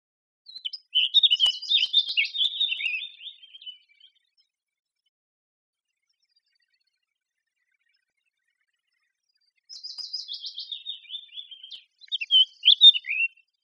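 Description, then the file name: Eurasian blackcap song in two phrases separated by a long silence, each a fast stuttering run of notes slipping downward, the second ending in clearer whistles. "Sylvia atricapilla"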